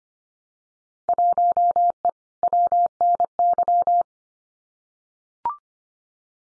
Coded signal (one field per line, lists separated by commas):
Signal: Morse code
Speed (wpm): 25 wpm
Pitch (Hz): 700 Hz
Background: none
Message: 1E WNY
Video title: Field Day Exchange 25wpm